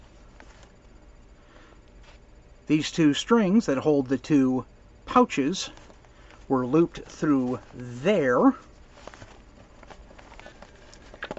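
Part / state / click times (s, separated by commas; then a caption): strap buckle into its mating clip on a buttpack / seated / 11.2 s. A strap buckle on a buttpack is pushed into its mating clip during reassembly while someone talks. After the talking stops, small handling ticks follow, and the buckle clicks in and seats at 11.2 s.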